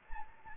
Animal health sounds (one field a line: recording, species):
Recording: mosquito wingbeat signal from an infrared sensor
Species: Anopheles gambiae